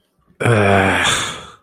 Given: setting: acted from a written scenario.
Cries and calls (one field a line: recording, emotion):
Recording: vocal sound without words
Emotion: contempt